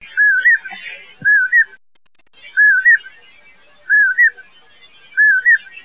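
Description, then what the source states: Common poorwill calling, a clear whistled two-part phrase with a rising end, repeated five times in a quiet setting. Northwest California.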